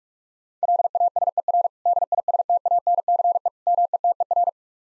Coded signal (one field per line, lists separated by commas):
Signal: Morse code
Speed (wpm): 45 wpm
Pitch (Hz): 700 Hz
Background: none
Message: LASER DISTANCE METER